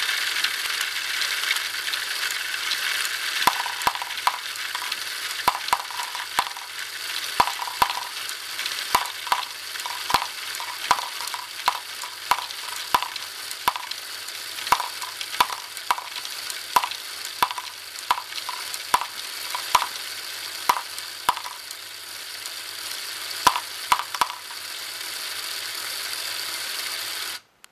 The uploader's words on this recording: Compact Cycloidal Drive LEGO GBC module. A remake from scratch of Akiyuki's "Cycloidal Drive" GBC module.